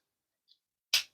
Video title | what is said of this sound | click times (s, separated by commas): Transformers Studio Series 03 War for Cybertron Optimus Prime Review! | and make sure you get it all the way till you hear that click and just push Nestle the head down | 0.9 s